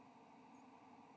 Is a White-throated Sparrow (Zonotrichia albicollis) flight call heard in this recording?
no